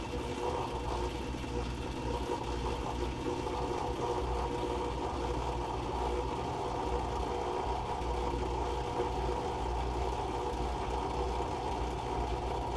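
A loud dishwasher runs with a steady, unchanging drone, a low engine-like hum and bright whirring overtones holding constant throughout.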